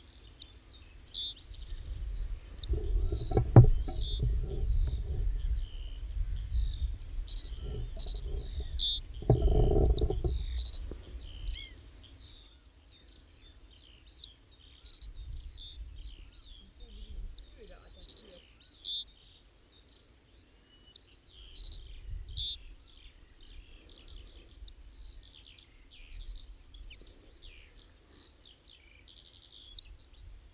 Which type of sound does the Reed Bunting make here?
song